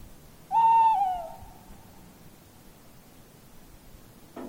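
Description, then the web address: Tawny owl hoot: a single wavering, tremulous note, held briefly and then trailing away, over a quiet background. "linnut lehtopollo"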